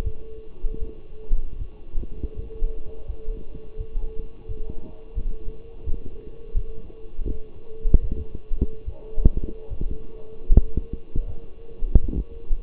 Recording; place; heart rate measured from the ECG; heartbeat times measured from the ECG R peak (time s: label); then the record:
heart sounds by stethoscope; between the tricuspid and mitral areas; 80 bpm
0.03 s: heartbeat
0.79 s: heartbeat
1.58 s: heartbeat
2.35 s: heartbeat
3.06 s: heartbeat
3.77 s: heartbeat
4.47 s: heartbeat
5.15 s: heartbeat
5.85 s: heartbeat
6.54 s: heartbeat
7.24 s: heartbeat
8.00 s: heartbeat
8.85 s: heartbeat
9.69 s: heartbeat
10.49 s: heartbeat
11.26 s: heartbeat
12.00 s: heartbeat
From the record:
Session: walking at 3.7 km/h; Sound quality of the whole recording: partially saturated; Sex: male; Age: 24 years